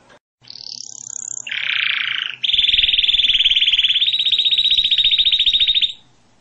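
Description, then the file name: Canary song: a high whistled sweep, a lower buzzy roll, then a long, even, very rapid trill. "Canary Voice"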